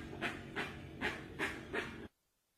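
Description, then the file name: Rusty-margined guan song: five rasping, panting notes in an even series, then sudden silence. "Canto da jacupemba"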